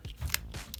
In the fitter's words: pops right in very nice